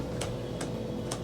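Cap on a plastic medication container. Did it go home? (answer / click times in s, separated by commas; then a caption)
released / 0.2 s, 0.6 s, 1.1 s. The stiff cap on a brand new plastic MedTainer medication container is opened by hand, giving short, sharp little clicks at 0.2, 0.6 and 1.1 seconds over a steady low background hum. The cap comes open.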